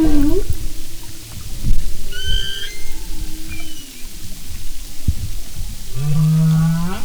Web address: Marine Mammals humpback